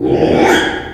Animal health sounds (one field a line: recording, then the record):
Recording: squeal of a Yucatan mini pig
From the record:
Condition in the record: after surgery on the right vocal fold (resection and tissue-engineered implant)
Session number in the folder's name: 3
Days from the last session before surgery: 33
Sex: male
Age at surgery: 12 weeks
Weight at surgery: 13 kg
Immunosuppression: cyclosporine, prednisolone